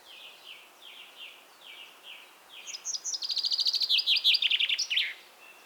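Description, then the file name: Common chaffinch song: faint repeated notes first, then a loud rapid trill that descends and ends in a sharp flourish. "Fringilla coelebs"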